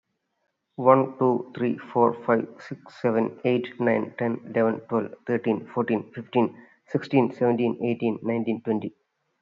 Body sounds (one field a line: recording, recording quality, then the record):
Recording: counting at a fast pace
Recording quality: excellent, no background noise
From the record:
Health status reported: healthy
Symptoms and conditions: none ticked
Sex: male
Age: 42 years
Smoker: not ticked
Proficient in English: yes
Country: India